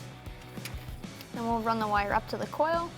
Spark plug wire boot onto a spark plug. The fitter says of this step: make sure it clicks into place,